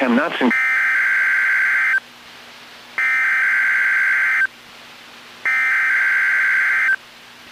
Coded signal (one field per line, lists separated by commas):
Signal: Emergency Alert System (SAME) tones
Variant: header bursts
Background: speech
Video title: NOAA Weather Radio - Weekly EAS Test - 5/15/19